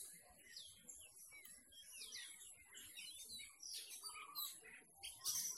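Birds trilling and chirping in a crowded chorus beneath strong hiss, ending with a loud sharp burst of noise.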